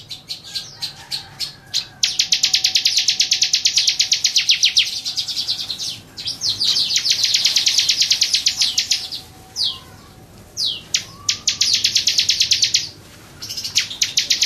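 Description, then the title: Bar-winged prinia song: long, fast runs of sharp, high chipping notes, each burst lasting several seconds and separated by brief pauses, with scattered single chips between. "Suara Burung Ciblek"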